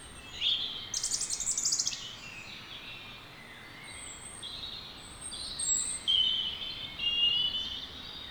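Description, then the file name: European robin singing a series of high, thin phrases: a quick very high trill, then wavering whistled notes and short twittering runs after a pause. "Erithacus rubecula"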